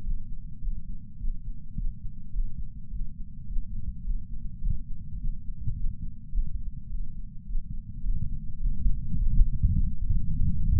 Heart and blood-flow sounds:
heart sounds by patch sensor on the chest; 105 bpm
0.04 s: heartbeat
0.62 s: heartbeat
1.20 s: heartbeat
1.76 s: heartbeat
2.34 s: heartbeat
2.91 s: heartbeat
3.48 s: heartbeat
4.05 s: heartbeat
4.62 s: heartbeat
5.19 s: heartbeat
5.76 s: heartbeat
6.33 s: heartbeat
6.90 s: heartbeat
7.47 s: heartbeat
8.04 s: heartbeat
8.60 s: heartbeat
9.18 s: heartbeat
9.74 s: heartbeat
10.31 s: heartbeat
From the record:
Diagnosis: coronary artery disease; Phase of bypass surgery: postoperative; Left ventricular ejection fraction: 62.1%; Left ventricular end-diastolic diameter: 45 mm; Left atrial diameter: 33 mm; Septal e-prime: 6.9 cm/s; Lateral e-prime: 10.6 cm/s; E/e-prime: 10.6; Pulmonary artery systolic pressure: 22 mmHg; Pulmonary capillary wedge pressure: 8 mmHg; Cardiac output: 5.1 L/min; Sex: female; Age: 52 years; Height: 163 cm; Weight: 80 kg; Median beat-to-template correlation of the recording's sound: 0.72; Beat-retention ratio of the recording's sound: 0.98

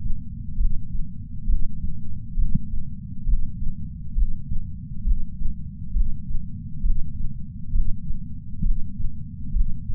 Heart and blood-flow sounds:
heart sounds by patch sensor on the chest; 67 bpm
0.57 s: heartbeat
1.46 s: heartbeat
2.35 s: heartbeat
3.25 s: heartbeat
4.14 s: heartbeat
5.04 s: heartbeat
5.93 s: heartbeat
6.82 s: heartbeat
7.72 s: heartbeat
8.63 s: heartbeat
9.52 s: heartbeat
From the record:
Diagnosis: coronary artery disease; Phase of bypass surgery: intraoperative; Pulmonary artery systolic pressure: 24 mmHg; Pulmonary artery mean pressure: 16 mmHg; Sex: male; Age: 58 years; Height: 170 cm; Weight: 80 kg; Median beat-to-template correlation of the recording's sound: 0.91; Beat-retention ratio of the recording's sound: 0.99

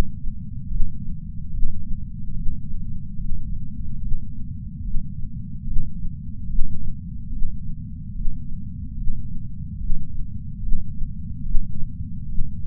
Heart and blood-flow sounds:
heart sounds by patch sensor on the chest; 73 bpm
0.67 s: heartbeat
1.50 s: heartbeat
2.32 s: heartbeat
3.16 s: heartbeat
3.98 s: heartbeat
4.81 s: heartbeat
5.63 s: heartbeat
6.45 s: heartbeat
7.29 s: heartbeat
8.11 s: heartbeat
8.94 s: heartbeat
9.77 s: heartbeat
10.59 s: heartbeat
11.41 s: heartbeat
12.25 s: heartbeat
From the record:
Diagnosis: coronary artery disease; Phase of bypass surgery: intraoperative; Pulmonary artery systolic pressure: 14 mmHg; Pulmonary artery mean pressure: 10 mmHg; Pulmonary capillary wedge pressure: 9 mmHg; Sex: female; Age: 74 years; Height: 160 cm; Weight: 64 kg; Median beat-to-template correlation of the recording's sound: 0.90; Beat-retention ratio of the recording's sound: 0.99

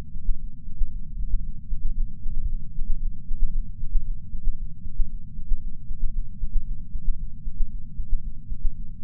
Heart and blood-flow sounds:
heart sounds by patch sensor on the chest; 115 bpm
0.35 s: heartbeat
0.87 s: heartbeat
1.39 s: heartbeat
1.92 s: heartbeat
2.44 s: heartbeat
2.97 s: heartbeat
3.49 s: heartbeat
4.01 s: heartbeat
4.53 s: heartbeat
5.05 s: heartbeat
5.57 s: heartbeat
6.09 s: heartbeat
6.62 s: heartbeat
7.14 s: heartbeat
7.66 s: heartbeat
8.18 s: heartbeat
8.71 s: heartbeat
From the record:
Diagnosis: coronary artery disease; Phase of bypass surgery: intraoperative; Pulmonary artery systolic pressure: 19 mmHg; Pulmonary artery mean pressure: 14 mmHg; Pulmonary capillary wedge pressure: 9 mmHg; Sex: female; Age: 71 years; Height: 150 cm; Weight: 59 kg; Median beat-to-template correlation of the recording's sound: 0.94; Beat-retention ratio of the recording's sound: 0.98

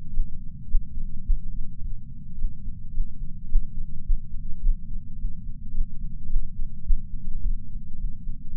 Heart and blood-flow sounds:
heart sounds by patch sensor on the chest; 107 bpm
0.11 s: heartbeat
0.67 s: heartbeat
1.24 s: heartbeat
1.81 s: heartbeat
2.36 s: heartbeat
2.92 s: heartbeat
3.48 s: heartbeat
4.04 s: heartbeat
4.61 s: heartbeat
5.17 s: heartbeat
5.72 s: heartbeat
6.28 s: heartbeat
6.84 s: heartbeat
7.40 s: heartbeat
7.97 s: heartbeat
8.52 s: heartbeat
From the record:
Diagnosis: coronary artery disease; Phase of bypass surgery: postoperative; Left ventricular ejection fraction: 54.7%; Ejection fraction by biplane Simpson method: 51.3%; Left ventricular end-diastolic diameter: 46 mm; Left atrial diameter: 45 mm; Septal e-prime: 5.3 cm/s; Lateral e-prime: 7.1 cm/s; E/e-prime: 10.6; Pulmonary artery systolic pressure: 26 mmHg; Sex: male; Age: 58 years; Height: 182 cm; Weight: 89 kg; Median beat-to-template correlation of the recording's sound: 0.72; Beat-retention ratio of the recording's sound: 0.99

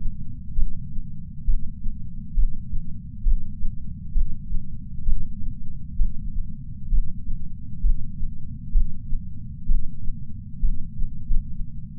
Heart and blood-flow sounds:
heart sounds by patch sensor on the chest; 67 bpm
0.53 s: heartbeat
1.43 s: heartbeat
2.33 s: heartbeat
3.22 s: heartbeat
4.11 s: heartbeat
5.03 s: heartbeat
5.95 s: heartbeat
6.88 s: heartbeat
7.80 s: heartbeat
8.71 s: heartbeat
9.65 s: heartbeat
10.58 s: heartbeat
11.22 s: heartbeat
From the record:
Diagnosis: coronary artery disease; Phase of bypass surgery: intraoperative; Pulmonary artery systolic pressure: 22 mmHg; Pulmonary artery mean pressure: 15 mmHg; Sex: female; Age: 60 years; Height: 158 cm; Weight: 54 kg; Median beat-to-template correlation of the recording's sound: 0.93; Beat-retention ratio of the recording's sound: 0.95

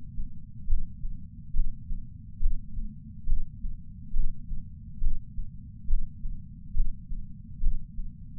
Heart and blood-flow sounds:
heart sounds by patch sensor on the chest; 69 bpm
0.66 s: heartbeat
1.53 s: heartbeat
2.39 s: heartbeat
3.26 s: heartbeat
4.13 s: heartbeat
5.00 s: heartbeat
5.87 s: heartbeat
6.73 s: heartbeat
7.60 s: heartbeat
From the record:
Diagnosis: coronary artery disease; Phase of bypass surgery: intraoperative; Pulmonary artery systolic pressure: 30 mmHg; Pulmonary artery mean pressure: 20 mmHg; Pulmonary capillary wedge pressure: 14 mmHg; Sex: male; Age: 62 years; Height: 165 cm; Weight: 72 kg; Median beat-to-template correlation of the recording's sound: 0.95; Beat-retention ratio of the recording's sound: 0.98

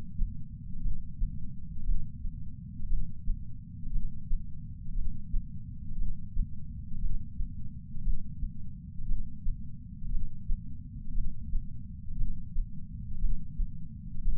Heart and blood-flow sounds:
heart sounds by patch sensor on the chest; 58 bpm
0.82 s: heartbeat
1.85 s: heartbeat
2.88 s: heartbeat
3.92 s: heartbeat
4.95 s: heartbeat
5.97 s: heartbeat
7.00 s: heartbeat
8.03 s: heartbeat
9.07 s: heartbeat
10.10 s: heartbeat
11.14 s: heartbeat
12.17 s: heartbeat
13.20 s: heartbeat
14.23 s: heartbeat
From the record:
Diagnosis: coronary artery disease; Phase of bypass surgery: intraoperative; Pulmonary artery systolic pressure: 38 mmHg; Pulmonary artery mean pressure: 23 mmHg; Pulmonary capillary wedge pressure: 11 mmHg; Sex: male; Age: 74 years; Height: 175 cm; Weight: 66 kg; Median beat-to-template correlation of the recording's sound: 0.93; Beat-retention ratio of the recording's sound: 0.98

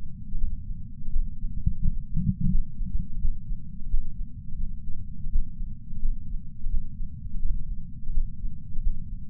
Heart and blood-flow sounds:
heart sounds by patch sensor on the chest; 85 bpm
0.38 s: heartbeat
1.11 s: heartbeat
1.80 s: heartbeat
2.50 s: heartbeat
3.20 s: heartbeat
3.89 s: heartbeat
4.58 s: heartbeat
5.30 s: heartbeat
6.00 s: heartbeat
6.69 s: heartbeat
7.40 s: heartbeat
8.12 s: heartbeat
8.82 s: heartbeat
From the record:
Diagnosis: coronary artery disease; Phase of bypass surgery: postoperative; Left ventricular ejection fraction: 60.9%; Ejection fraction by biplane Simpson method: 59.5%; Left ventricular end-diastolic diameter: 49 mm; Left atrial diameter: 39 mm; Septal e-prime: 6.3 cm/s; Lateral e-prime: 6.7 cm/s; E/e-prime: 11.5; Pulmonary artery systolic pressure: 33 mmHg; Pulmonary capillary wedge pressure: 2 mmHg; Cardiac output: 6.3 L/min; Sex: male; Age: 71 years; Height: 162 cm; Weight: 75 kg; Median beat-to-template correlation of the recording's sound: 0.79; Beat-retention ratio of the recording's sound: 1.00

